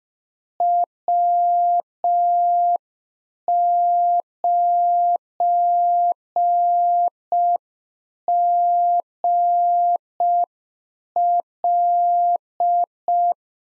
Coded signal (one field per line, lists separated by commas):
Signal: Morse code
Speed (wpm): 5 wpm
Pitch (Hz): 700 Hz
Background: none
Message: W9GL